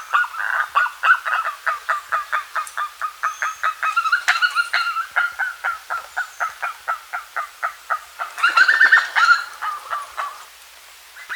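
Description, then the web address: Andean guan calling in a long, rapid run of short harmonic notes, fairly steady, with a burst of louder notes near the end. Ecuador. "Birds of Ecuador. Andean Guan"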